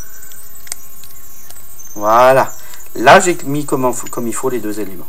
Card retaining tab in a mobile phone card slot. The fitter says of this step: on entend le clip voilà